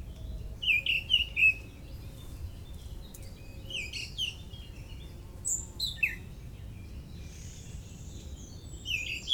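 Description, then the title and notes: Birds giving a few sharp high chirps early, then sparse scattered notes and calls against a steady low rumble of background noise. Early morning, 27 May 2018, Parc des Beaumonts, Montreuil, France; urban park in dense city area near Paris; recorded with MCE530 microphones, Dual Pre USB and H2. "Oiseaux des Beaumonts le 27 mai 2018. Parc des Beaumonts, 16 Avenue Jean Moulin, 93100 Montreuil, France. Tôt le matin dans le parc des Beaumonts à Montreuil (93), prise de son d'oiseaux"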